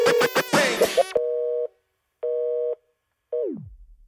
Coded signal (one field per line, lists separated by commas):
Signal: telephone call progress tone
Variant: North America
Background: music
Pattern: busy tone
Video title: The Extremities - Dial Tones ft. Ghettosocks, Lushlife & Ambition [OFFICIAL VIDEO]